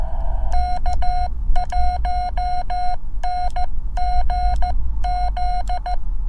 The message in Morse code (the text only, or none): K1NGZ